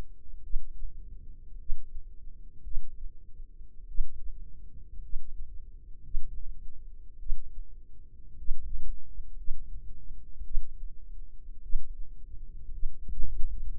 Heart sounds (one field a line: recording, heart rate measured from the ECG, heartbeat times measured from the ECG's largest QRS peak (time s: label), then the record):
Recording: heart sounds by microphone in the left ear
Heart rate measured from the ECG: 54 bpm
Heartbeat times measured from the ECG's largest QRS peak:
0.42 s: heartbeat
1.57 s: heartbeat
2.63 s: heartbeat
3.86 s: heartbeat
5.01 s: heartbeat
6.02 s: heartbeat
7.18 s: heartbeat
8.37 s: heartbeat
9.36 s: heartbeat
10.43 s: heartbeat
11.61 s: heartbeat
12.70 s: heartbeat
13.70 s: heartbeat
From the record:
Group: healthy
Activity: rest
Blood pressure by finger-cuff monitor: 93/58 mmHg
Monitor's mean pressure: 68 mmHg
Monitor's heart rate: 53 bpm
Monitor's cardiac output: 4.4 L/min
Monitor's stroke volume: 81 mL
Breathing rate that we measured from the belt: 16 breaths a minute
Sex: female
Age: 36 years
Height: 163 cm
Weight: 88 kg